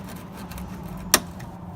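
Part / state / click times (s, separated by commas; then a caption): plastic twist retainer in the fender well liner / released / 1.1 s. A plastic twist retainer in the fender well liner of a 2001–2007 Toyota Highlander is turned about 90 degrees counterclockwise until it hits its snap point, releasing with a sharp, bright click at 1.1 s. Before that there is only a low steady hum and faint handling noise. The retainer is released so it can be pulled out.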